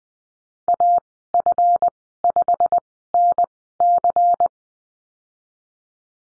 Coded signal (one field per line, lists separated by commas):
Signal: Morse code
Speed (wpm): 20 wpm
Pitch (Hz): 700 Hz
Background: none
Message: AF5NC